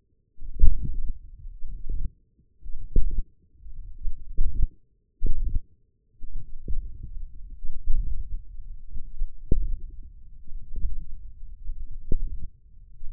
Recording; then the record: forearm muscle sounds (acoustic myography)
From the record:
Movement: wrist flexion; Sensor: system 1, eight BSWA MPA416 microphones around the upper forearm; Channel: 8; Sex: male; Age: 20 years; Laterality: left